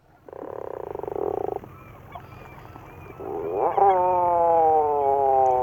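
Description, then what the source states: Tufted Puffin growl: a low, rough, rattling growl, then a drawn-out, slowly falling moan, over a steady low background hum. Low growl of an adult and higher-pitched call of a chick begging for food; played as a mystery sound.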